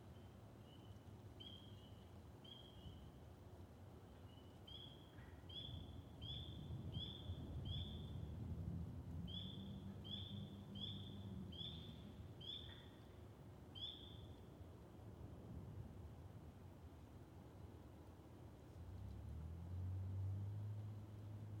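Spring peepers call in a steady series of short, high, rising peeps, most densely from about five to fifteen seconds, then fade out. Underneath, a constant low rumble swells and falls, with a deeper drone rising near the end.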